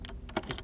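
After a coin battery is replaced in a Nissan NV200 key fob, the two plastic halves of the fob shell are pressed back together over the battery. A sharp click sounds at about 0.1 s, followed by several more short plastic snaps and ticks. The shell snaps shut and is seated.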